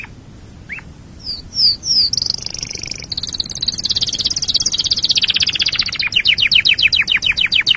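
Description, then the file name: Canary song of a few quick slurred notes leading into a long, fast, high buzzy trill that slows into separate repeated downward chirps. "canarysong omkicau"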